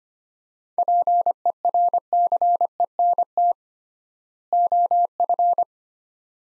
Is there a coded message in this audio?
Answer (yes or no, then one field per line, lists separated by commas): yes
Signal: Morse code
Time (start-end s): 0.8-5.6 s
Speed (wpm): 25 wpm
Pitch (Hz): 700 Hz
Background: none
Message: PERCENT OF